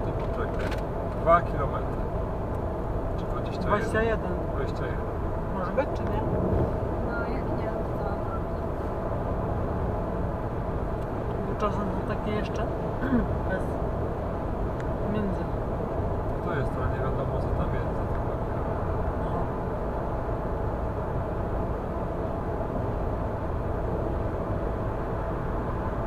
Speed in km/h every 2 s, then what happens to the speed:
94, 94, 94, 94, 94, 94, 94, 94, 94, 94, 94, 94, 94.
0-26 steady at about 94.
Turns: none.